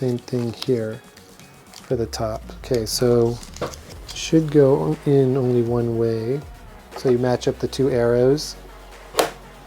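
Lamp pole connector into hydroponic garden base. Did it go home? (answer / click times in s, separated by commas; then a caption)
yes / 9.2 s. A lamp pole connector section with a rubber O-ring, its two arrows lined up, is pushed into the base of a LetPot LPH-Pro hydroponic garden while someone talks. One sharp click at 9.2 s marks it snapping into place, seated.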